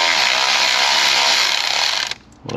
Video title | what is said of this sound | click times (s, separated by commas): Is this the Most hated Engine Of All Time? Cadillac Northstar Misfire P0300 Misfiring | Well, that didn't tighten. Great. Stripped | 2.1 s, 2.3 s, 2.5 s